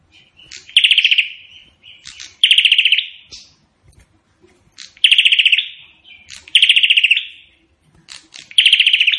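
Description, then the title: Prinia song: five rapid rattling trill bursts, spaced about one and a half to two and a half seconds apart, linked by short buzzy notes and clicks. Song style called 'AK-47 gunshot'. "Prenjak Burung Prenjak Gacor Suara Tembakan Ak-47"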